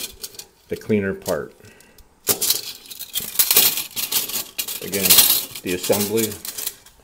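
A stainless steel side panel for a Woodgaz folding stove with a side feed port is handled and fitted toward the folding stove body while someone talks. Short metallic clinks and taps sound throughout, with the sharpest knock near 4.6 s. Nothing has seated or clicked yet; the panel is not yet home when the clip ends.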